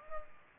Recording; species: mosquito wingbeat signal from an infrared sensor; Culex pipiens